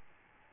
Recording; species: mosquito wingbeat signal from an infrared sensor; Aedes albopictus